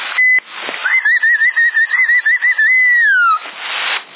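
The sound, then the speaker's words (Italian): A loud, warbling whistle comes through a CB radio in Sassari in February 2010, wavering rapidly in pitch before sliding downward at the end, framed by short bursts of hissing static. “Avanti questo bel fischio che sembra quasi uno signoro.”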